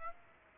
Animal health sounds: mosquito wingbeat signal from an infrared sensor; Aedes aegypti

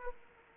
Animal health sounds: mosquito wingbeat signal from an infrared sensor; Aedes aegypti

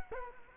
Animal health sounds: mosquito wingbeat signal from an infrared sensor; Culex quinquefasciatus

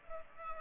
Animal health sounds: mosquito wingbeat signal from an infrared sensor; Culex pipiens

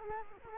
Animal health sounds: mosquito wingbeat signal from an infrared sensor; Culex quinquefasciatus

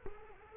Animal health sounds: mosquito wingbeat signal from an infrared sensor; Culex quinquefasciatus

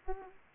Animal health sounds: mosquito wingbeat signal from an infrared sensor; Aedes aegypti

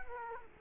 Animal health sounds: mosquito wingbeat signal from an infrared sensor; Culex quinquefasciatus

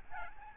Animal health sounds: mosquito wingbeat signal from an infrared sensor; Aedes albopictus

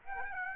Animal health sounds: mosquito wingbeat signal from an infrared sensor; Aedes aegypti

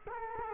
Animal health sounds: mosquito wingbeat signal from an infrared sensor; Culex quinquefasciatus

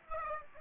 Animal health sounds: mosquito wingbeat signal from an infrared sensor; Aedes aegypti

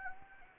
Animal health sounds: mosquito wingbeat signal from an infrared sensor; Anopheles gambiae

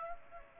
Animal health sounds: mosquito wingbeat signal from an infrared sensor; Aedes aegypti

